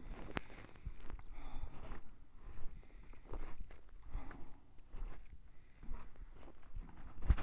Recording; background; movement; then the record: deep breathing; quiet; walking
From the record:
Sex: male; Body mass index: 23.7 kg/m2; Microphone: on the chest, facing the body